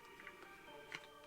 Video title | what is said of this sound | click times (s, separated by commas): I bought a caa mck for my Glock 21 | That's what you're looking for, the click. Boom. | 0.9 s